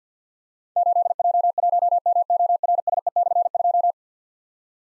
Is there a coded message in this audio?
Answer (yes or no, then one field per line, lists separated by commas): yes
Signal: Morse code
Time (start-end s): 0.8-3.9 s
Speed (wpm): 53 wpm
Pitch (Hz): 700 Hz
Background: none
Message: 8J1MORSE/2